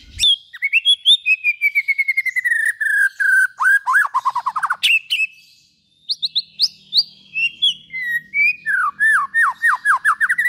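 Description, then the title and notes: White-rumped shama song with a long descending whistled trill, rapid repeated notes, a short gap, then more looping whistles over a faint low hum. Long-duration song used as a lure for trapping. "Pikat Murai Batu Durasi Panjang. Burung Murai Batu"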